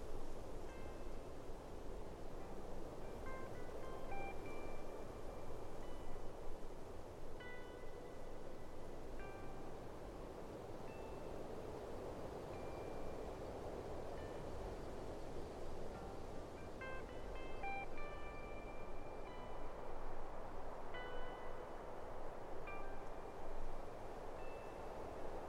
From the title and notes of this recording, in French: Endormez vous au sommet d'une montagne bercé par les sons de la nature.